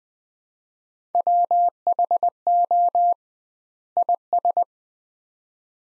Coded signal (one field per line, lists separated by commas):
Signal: Morse code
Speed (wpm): 20 wpm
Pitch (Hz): 700 Hz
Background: none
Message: WHO IS